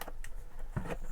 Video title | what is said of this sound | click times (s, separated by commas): Mini fuel pump relay replacement Part 1 | you just heard a click. It's | 0.2 s